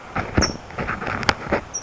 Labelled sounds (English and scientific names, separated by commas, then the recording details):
California Towhee (Melozone crissalis)
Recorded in Sonoma County, California